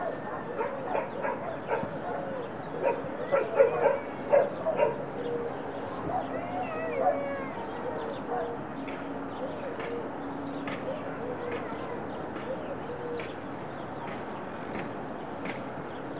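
A daily recording from a studio in the Serra de Collserola natural park: quick bird chirps and calls crowd the first five seconds, then thin to scattered sharp notes. A steady low hum and soft murmur run underneath throughout.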